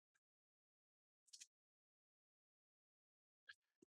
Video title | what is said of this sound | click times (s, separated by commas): How to Upgrade SSD on HP 14-bs002 Laptop - Step-by-Step Guide | And then we're going to twist it backward, and you want to hear those big click sounds. | 1.3 s, 3.5 s